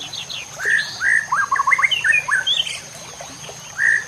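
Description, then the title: White-rumped shama song of varied clear whistled phrases, short slurred notes rising and falling in quick succession, with pauses between bursts and a steady faint high tone behind. Masteran, a training recording for caged birds; labelled labaik. "MASTERAN MURAI BATU LABAIK"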